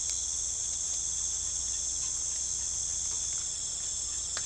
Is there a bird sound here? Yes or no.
no